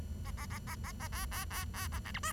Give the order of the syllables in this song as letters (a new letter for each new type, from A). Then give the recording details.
A A A A A A B B B B A C D E. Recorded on 23 June 2012 at 09:52. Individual gr41rd51